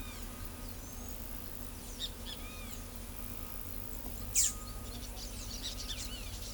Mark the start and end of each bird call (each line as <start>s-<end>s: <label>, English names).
0.80s-1.19s: Palm Tanager
1.95s-2.72s: Great Kiskadee
4.33s-4.53s: Blue-gray Tanager
4.85s-6.53s: Orange-chinned Parakeet
5.61s-6.28s: Great Kiskadee